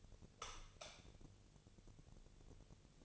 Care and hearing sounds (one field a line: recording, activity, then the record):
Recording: daily activity, microphone in the room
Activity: light off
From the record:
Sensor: 4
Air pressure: 1000.9 hPa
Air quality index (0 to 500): 128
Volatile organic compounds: 1 ppm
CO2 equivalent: 961 ppm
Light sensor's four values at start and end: 37/94/38/42 and 35/84/35/38